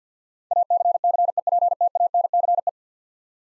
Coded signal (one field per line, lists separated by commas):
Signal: Morse code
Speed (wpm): 50 wpm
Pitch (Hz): 700 Hz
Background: none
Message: ACCEPTANCE